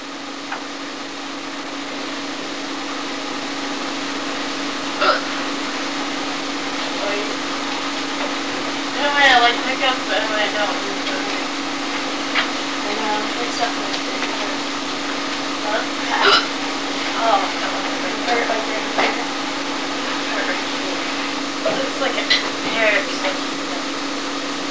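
About four sharp, abrupt hiccups from an adult, roughly every six seconds, over a steady background hum.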